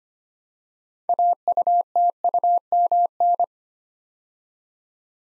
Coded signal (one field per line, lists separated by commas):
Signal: Morse code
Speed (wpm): 25 wpm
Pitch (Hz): 700 Hz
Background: none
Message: AUTUMN